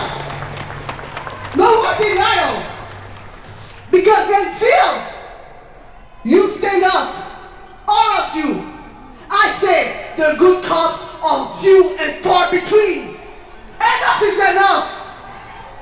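Protest street sounds: one voice speaks in short, loud phrases separated by pauses, over a low steady hum that fades after the first few seconds.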